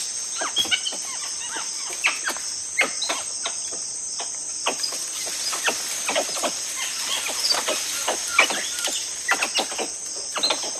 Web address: tufted capuchin